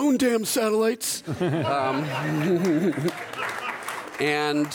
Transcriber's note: laughter